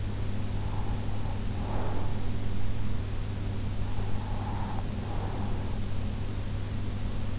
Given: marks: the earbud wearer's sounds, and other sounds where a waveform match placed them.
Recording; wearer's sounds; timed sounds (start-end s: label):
sounds in sleep by an in-ear microphone; breath
0.45-2.80 s: breath
4.00-5.68 s: breath